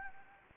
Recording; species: mosquito wingbeat signal from an infrared sensor; Anopheles gambiae